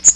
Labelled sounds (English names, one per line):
Magnolia Warbler flight call